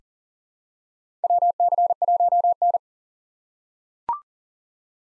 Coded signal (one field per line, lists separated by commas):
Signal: Morse code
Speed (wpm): 40 wpm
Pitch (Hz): 700 Hz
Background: none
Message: WC1N